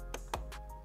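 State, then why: Seated. A memory module (DIMM) is pressed into a motherboard DIMM slot until both retention clips snap shut. Sharp clicks are heard at 0.1 s and 0.3 s over a steady background with a faint tick near the end. The module is seated, clicked in on both sides.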